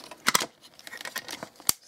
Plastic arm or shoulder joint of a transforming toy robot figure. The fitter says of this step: Ruhig, bis es knackt.